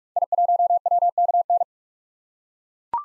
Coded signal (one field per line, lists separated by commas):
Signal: Morse code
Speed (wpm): 42 wpm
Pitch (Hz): 700 Hz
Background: none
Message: I1WKN